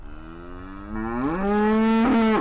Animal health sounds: contact call of a hoofed animal; cattle; low-frequency (closed-mouth) or high-frequency (open-mouth) call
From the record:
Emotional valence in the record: negative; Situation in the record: full separation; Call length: 2.4 s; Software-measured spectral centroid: 1520 Hz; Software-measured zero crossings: 830 a second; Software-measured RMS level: -22 dBFS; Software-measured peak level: -17 dBFS

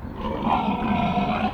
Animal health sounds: contact call of a hoofed animal; wild boar; grunt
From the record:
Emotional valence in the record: negative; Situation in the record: naturally occurring agonistic interactions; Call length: 1.54 s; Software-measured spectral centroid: 1350 Hz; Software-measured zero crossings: 1380 a second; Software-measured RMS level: -24 dBFS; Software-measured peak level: -10 dBFS

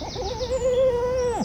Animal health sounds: contact call of a hoofed animal; goat; low-frequency (closed-mouth) or high-frequency (open-mouth) call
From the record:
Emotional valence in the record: negative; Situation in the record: short social isolation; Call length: 1.46 s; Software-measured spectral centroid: 2120 Hz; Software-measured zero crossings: 1970 a second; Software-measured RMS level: -24 dBFS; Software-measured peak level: -13 dBFS

